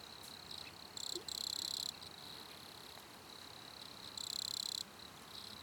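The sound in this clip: Cricket giving a high, thin continuous trill with two louder buzzing bursts, over a soft background hiss.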